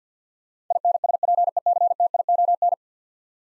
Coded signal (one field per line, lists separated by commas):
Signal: Morse code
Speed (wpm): 47 wpm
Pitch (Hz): 700 Hz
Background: none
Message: INSPECTION